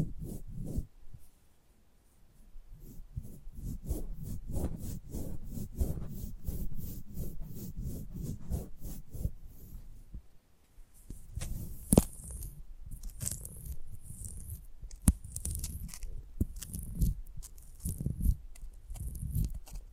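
Close-up mic handling: a quick, regular run of soft low thumps and small clicks fills the first ten seconds. After a brief gap, rougher rubbing and scraping follow, with bursts of bright hiss and a few sharp taps near 12 and 15 seconds.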